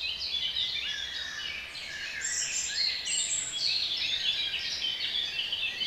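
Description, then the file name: Birds chirping and trilling together in a busy, continuous chorus of high notes, with a soft hiss underneath. For relaxation. "relaksacja odglosy ptakow"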